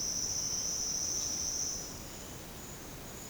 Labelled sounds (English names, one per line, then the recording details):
none
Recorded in secondary vegetation near Puerto Asís, Putumayo, Colombia, on 8 March 2025 at 11:00
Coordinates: 0.485, -76.322
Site G040